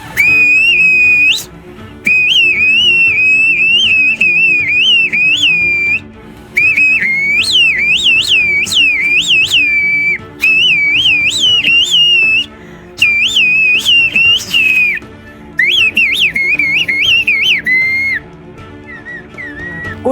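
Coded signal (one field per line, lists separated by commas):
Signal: whistled language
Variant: Turkish kuş dili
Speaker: Esse povo desenvolveu a séculos uma linguagem assobiada, capaz de transmitir frases completas, perguntas, comandos, nomes e até emoções.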